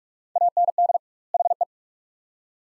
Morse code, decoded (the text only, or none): AND HE